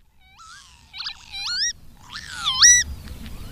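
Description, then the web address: Northern lapwing giving wheezy, rising and twisting calls, a few strained slurred notes separated by short pauses. "agykontroll Madardalok Cd 3. Bíbic"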